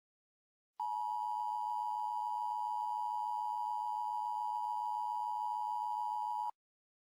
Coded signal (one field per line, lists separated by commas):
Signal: Emergency Alert System (SAME) tones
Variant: 853 and 960 Hz attention tone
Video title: EAS Scenario: "The NFL's Awakening" (2021 Original)